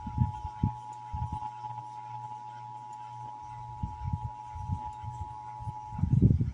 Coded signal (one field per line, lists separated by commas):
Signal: Emergency Alert System (SAME) tones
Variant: 853 and 960 Hz attention tone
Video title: (EAS #913-921) August 2025 Texas Required Monthly Test